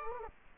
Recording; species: mosquito wingbeat signal from an infrared sensor; Culex quinquefasciatus